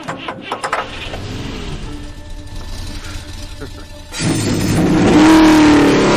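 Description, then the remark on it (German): Several race car engines fire up and rev at the start of a race, first a low rumbling idle with scattered clatter, then a sudden loud, sustained roar as they throttle up together. “Meine Herren, starten Sie Ihre Motoren.”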